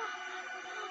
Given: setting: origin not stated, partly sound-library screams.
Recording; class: one-second piece from a danger detection set; woman in danger